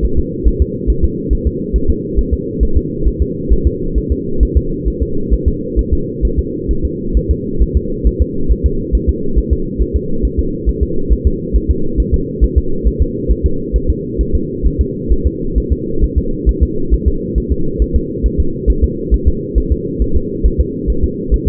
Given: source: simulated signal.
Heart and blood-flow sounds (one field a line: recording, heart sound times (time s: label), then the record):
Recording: fetal heart sounds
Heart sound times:
0.05 s: S1
0.19 s: S2
0.47 s: S1
0.62 s: S2
0.90 s: S1
1.05 s: S2
1.33 s: S1
1.47 s: S2
1.76 s: S1
1.90 s: S2
2.19 s: S1
2.33 s: S2
2.63 s: S1
2.77 s: S2
3.08 s: S1
3.22 s: S2
3.52 s: S1
3.67 s: S2
3.98 s: S1
4.12 s: S2
4.43 s: S1
4.57 s: S2
4.88 s: S1
5.02 s: S2
5.34 s: S1
5.48 s: S2
5.79 s: S1
5.93 s: S2
6.25 s: S1
6.39 s: S2
6.71 s: S1
6.85 s: S2
7.17 s: S1
7.31 s: S2
7.62 s: S1
7.77 s: S2
8.07 s: S1
8.22 s: S2
8.52 s: S1
8.66 s: S2
8.95 s: S1
9.09 s: S2
9.38 s: S1
9.53 s: S2
9.82 s: S1
9.96 s: S2
10.25 s: S1
10.39 s: S2
10.69 s: S1
10.83 s: S2
11.13 s: S1
11.27 s: S2
11.56 s: S1
11.71 s: S2
12.00 s: S1
12.14 s: S2
12.44 s: S1
12.58 s: S2
12.87 s: S1
13.02 s: S2
13.31 s: S1
13.46 s: S2
13.76 s: S1
13.90 s: S2
14.21 s: S1
14.35 s: S2
14.67 s: S1
14.81 s: S2
15.12 s: S1
15.27 s: S2
15.58 s: S1
15.72 s: S2
16.04 s: S1
16.18 s: S2
16.49 s: S1
16.63 s: S2
16.94 s: S1
17.08 s: S2
17.38 s: S1
17.52 s: S2
17.82 s: S1
17.96 s: S2
18.26 s: S1
18.40 s: S2
18.70 s: S1
18.84 s: S2
19.14 s: S1
19.28 s: S2
19.58 s: S1
19.72 s: S2
20.02 s: S1
20.16 s: S2
20.46 s: S1
20.60 s: S2
20.90 s: S1
21.04 s: S2
21.34 s: S1
21.48 s: S2
From the record:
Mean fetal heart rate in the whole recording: 135 bpm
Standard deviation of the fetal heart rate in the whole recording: 3 bpm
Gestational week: 34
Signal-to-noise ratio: -8.1 dB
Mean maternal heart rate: 72 bpm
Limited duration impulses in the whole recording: absent